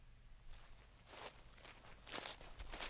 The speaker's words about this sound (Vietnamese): Tôi giật thót mình một cái, đúng là tiếng bước chân người, không thể nào nhầm được.